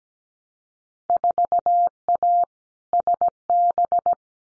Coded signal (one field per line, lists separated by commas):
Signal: Morse code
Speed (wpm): 17 wpm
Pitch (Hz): 700 Hz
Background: none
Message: 4A SB